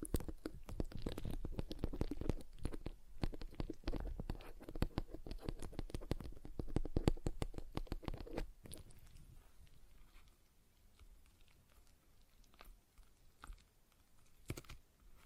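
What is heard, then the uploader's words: A stress ball is squeezed and kneaded in a rapid, dense run of squishy crackles and clicks for the first eight seconds or so. After that the sound thins to sparse, quieter creaks and occasional sharp ticks until the end. ASMR Relaxing Stress Ball Sounds (No Talking).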